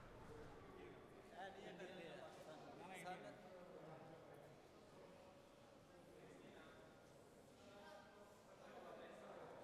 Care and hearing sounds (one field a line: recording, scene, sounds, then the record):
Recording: everyday scene through a hearing-aid microphone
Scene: reverberant space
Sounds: background noise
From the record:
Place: railway station hall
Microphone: behind the ear, left, front